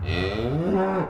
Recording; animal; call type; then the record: contact call of a hoofed animal; cattle; low-frequency (closed-mouth) or high-frequency (open-mouth) call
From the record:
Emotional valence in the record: negative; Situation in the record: full separation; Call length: 1.09 s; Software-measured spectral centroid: 1330 Hz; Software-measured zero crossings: 1160 a second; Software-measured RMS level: -24 dBFS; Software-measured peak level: -11 dBFS